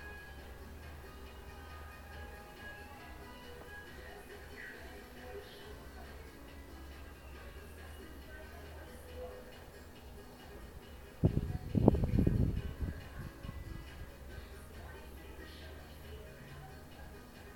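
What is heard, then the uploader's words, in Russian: A London residential area after midnight, mostly quiet under a steady low hum from traffic or machinery, with faint scattered murmurs. Around eleven seconds a brief cluster of loud, deep thuds and rattles breaks in, fading by fourteen seconds. Лондон, половина первого ночи. Спальный район.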